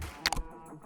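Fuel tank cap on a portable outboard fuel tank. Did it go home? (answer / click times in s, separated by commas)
yes / 0.3 s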